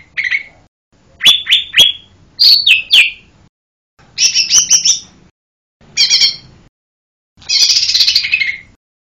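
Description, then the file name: Lesser green leafbird singing high whistles that drop in pitch, then harsh scratchy chattering bursts, each phrase about a second long with short gaps between. "cucak hijau mini. omkicau"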